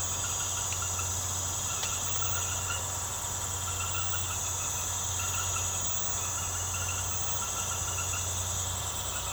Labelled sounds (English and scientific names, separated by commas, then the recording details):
none
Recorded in secondary vegetation near Puerto Asís, Putumayo, Colombia, on 24 March 2025 at 21:30
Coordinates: 0.468, -76.324
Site G059